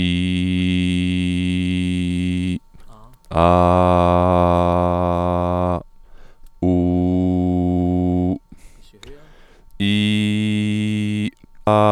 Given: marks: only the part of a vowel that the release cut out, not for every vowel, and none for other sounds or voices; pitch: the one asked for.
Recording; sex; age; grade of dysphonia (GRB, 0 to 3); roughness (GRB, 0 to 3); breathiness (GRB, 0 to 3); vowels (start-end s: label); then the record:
sustained vowels; male; 20 to 29 years; 1; 1; 0
0.00-0.98 s: vowel /i/, normal pitch
3.57-5.39 s: vowel /a/, normal pitch
6.69-8.24 s: vowel /u/, normal pitch
9.86-11.22 s: vowel /i/, high pitch
From the record:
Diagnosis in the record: healthy voice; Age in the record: 25 years